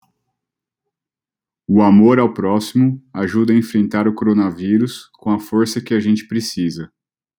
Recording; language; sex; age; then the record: spoken sentence; Brazilian Portuguese; male; 30 to 39 years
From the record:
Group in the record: control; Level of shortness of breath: 0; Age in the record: 32 years